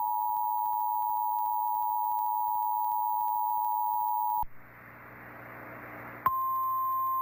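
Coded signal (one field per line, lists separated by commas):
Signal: Emergency Alert System (SAME) tones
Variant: 853 and 960 Hz attention tone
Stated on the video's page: Tornado warning relayed by broadcast station WDFX.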